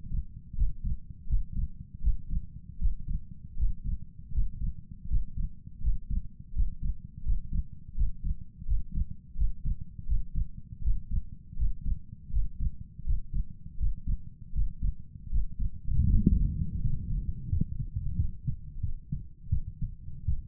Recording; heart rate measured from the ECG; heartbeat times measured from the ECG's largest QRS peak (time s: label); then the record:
heart sounds by stethoscope; 82 bpm
0.55 s: heartbeat
1.27 s: heartbeat
2.01 s: heartbeat
2.79 s: heartbeat
3.57 s: heartbeat
4.32 s: heartbeat
5.08 s: heartbeat
5.81 s: heartbeat
6.53 s: heartbeat
7.23 s: heartbeat
7.95 s: heartbeat
8.66 s: heartbeat
9.36 s: heartbeat
10.06 s: heartbeat
10.82 s: heartbeat
11.56 s: heartbeat
12.31 s: heartbeat
13.04 s: heartbeat
13.77 s: heartbeat
14.53 s: heartbeat
15.30 s: heartbeat
16.07 s: heartbeat
16.80 s: heartbeat
17.48 s: heartbeat
18.16 s: heartbeat
18.80 s: heartbeat
19.49 s: heartbeat
20.25 s: heartbeat
From the record:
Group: healthy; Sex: male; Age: 35 years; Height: 178 cm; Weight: 64 kg